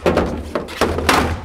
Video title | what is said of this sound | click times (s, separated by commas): DualLiner Install Video, 2014 to Newer GM Trucks | make sure you angle it to get behind the factory tie-down snap in place and you're all done | 1.1 s